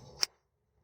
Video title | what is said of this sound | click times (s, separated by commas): Toyota MMT Semi AT Gears Actuator Checking And Repairing Full Guide For Problem Car P0909 P0919 | heard that click | 0.2 s